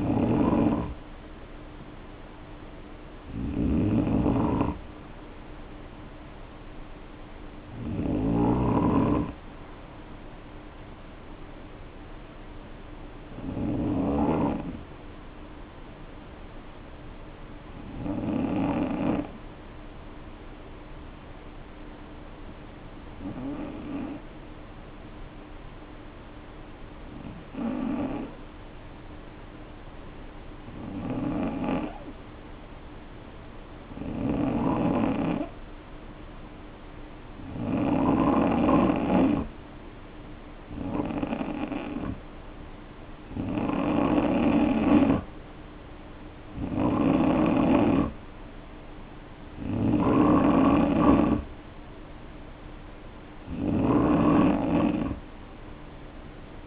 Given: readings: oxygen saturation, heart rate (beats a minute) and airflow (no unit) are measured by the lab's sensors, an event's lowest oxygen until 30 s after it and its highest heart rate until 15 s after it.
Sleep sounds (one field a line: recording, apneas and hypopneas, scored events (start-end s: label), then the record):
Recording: breathing in sleep by a voice recorder at the bedside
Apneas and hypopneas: 1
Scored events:
16.00-36.50 s: hypopnea (N2, oxygen 95% highest, then 87% lowest, heart rate 53 at the start, 61 highest)
From the record:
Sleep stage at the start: N2 (light sleep)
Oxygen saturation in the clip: 86 to 95%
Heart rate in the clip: 51 to 61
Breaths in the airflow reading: 16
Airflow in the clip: -2.3 to 2.2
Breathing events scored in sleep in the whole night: 520 in 7.2 hours asleep